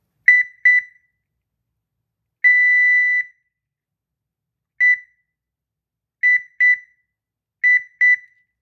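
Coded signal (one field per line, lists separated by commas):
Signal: none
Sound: car lock confirmation beeps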